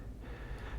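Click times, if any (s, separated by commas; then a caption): none. A plastic arm part is pushed back in at the shoulder of a toy figure's body, producing only a steady, breathy rustle with no sharp transient. The part does not snap into place, and nothing has clicked yet, so it may not stay locked together.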